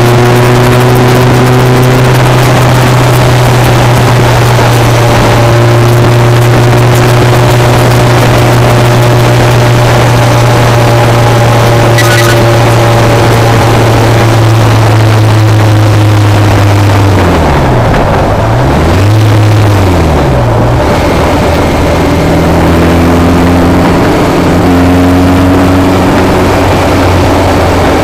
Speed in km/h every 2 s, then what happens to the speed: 114, 108, 109, 109, 109, 106, 101, 93, 85, 77, 76, 81, 82, 82.
0-2 slows to 108. 2-9 steady at about 109. 9-20 slows to 76. 20-23 speeds up to 82.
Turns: none.